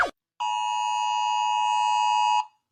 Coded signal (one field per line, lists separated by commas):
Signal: Emergency Alert System (SAME) tones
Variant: 853 and 960 Hz attention tone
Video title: PowerPlay rates EAS alarms from around the world (again)